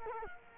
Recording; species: mosquito wingbeat signal from an infrared sensor; Culex quinquefasciatus